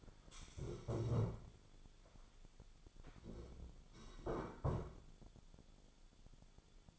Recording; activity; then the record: daily activity, microphone in the room; stand up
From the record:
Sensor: 5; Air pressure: 1015.4 hPa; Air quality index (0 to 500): 177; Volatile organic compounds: 6 ppm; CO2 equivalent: 1926 ppm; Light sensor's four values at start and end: 37/84/34/33 and 37/84/34/33